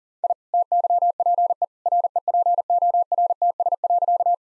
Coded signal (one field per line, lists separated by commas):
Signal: Morse code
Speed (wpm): 40 wpm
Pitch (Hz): 700 Hz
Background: none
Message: I TYPE REPORTS.